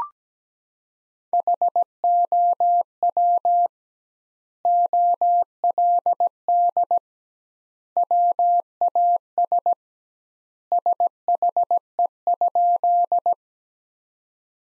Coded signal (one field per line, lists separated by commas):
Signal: Morse code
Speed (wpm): 17 wpm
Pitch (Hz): 700 Hz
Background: none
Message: HOW OLD WAS SHE?